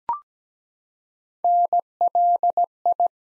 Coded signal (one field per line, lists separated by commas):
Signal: Morse code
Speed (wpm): 17 wpm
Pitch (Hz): 700 Hz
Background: none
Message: NLI